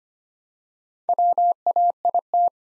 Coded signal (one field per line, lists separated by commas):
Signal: Morse code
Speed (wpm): 25 wpm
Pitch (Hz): 700 Hz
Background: none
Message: WAIT